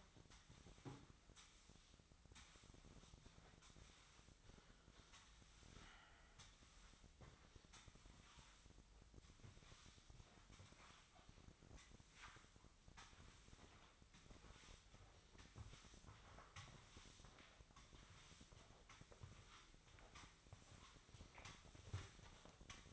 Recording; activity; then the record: daily activity, microphone in the room; sweep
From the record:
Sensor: 3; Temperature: 24.8 degrees Celsius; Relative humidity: 38.3%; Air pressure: 1003.1 hPa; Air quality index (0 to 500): 196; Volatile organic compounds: 6 ppm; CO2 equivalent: 1913 ppm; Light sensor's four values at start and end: 18/44/19/20 and 19/46/20/21